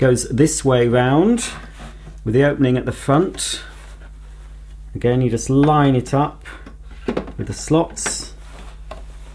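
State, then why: Seated. A plastic charging cradle for a Dyson V10 DOK, the part the vacuum slots into for charging, is turned with its opening at the front, lined up with the slots on the dock column, and pushed forward while someone talks. A short, sharp click at 8.9 s marks the cradle seating into position on the dock.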